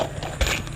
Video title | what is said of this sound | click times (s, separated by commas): DIY Board Straightener for building a deck or laying wood planks. | and then get it over far enough it even locks into place so don't have to do anything but | 0.4 s